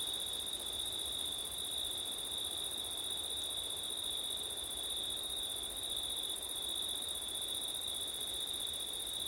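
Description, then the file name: Crickets giving a constant high, ringing trill, layered with a thinner, higher shimmer, while soft wind rumbles underneath. Crickets on a September night, with wind; labelled ortif. "crickets wind september night ortif"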